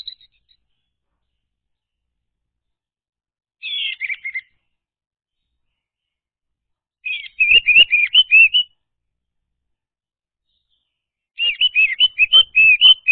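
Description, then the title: Orange-headed thrush song in three separate bursts of rapid, rolling whistled notes, with quiet gaps between. Recording used to lure a reluctant orange-headed thrush into singing. "Anis Merah Macet.. Pancing Dengan Suara Ini.."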